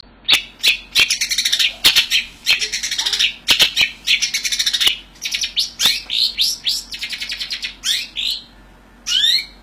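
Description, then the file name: Long-tailed shrike song: a fast, varied run of harsh chattering bursts and scratchy notes, ending with a few rising and falling whistled slurs. "cendet samohong"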